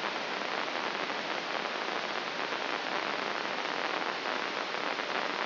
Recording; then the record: brain microelectrode recording played as sound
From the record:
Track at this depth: inside the subthalamic nucleus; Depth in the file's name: 5.816 mm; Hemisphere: left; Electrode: 2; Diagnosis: Parkinson's disease